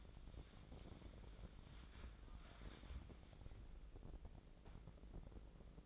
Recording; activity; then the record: daily activity, microphone in the room; wipe stove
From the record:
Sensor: 5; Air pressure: 1012.4 hPa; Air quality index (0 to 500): 160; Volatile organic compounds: 2 ppm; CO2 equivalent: 1090 ppm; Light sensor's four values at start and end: 210/504/215/254 and 212/507/217/256